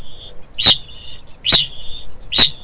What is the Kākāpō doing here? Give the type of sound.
ching call